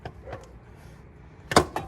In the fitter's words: heard that click